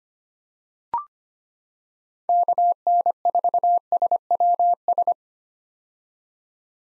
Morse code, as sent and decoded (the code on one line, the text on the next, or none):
-.- -. ....- ... .-- ...
KN4SWS